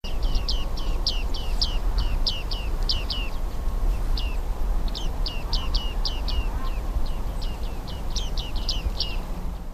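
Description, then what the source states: Bearded Reedling giving bright, plucked pinging calls, short down-slurred notes in quick clusters repeated throughout, over a low rumbling background noise. Plucking call, heard by the recordist only once in his life, at the end of January this year, in large seaside reedbeds near Porvoo on a foggy Sunday.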